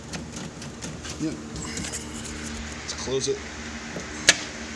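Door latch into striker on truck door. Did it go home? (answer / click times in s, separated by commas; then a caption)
yes / 4.3 s. Someone talks as a GM truck door is swung shut after its lock actuator has been reinstalled, testing it before reassembly. At 4.3 s the door latch catches on the striker with one loud, sharp slam-click, and the lock is confirmed working.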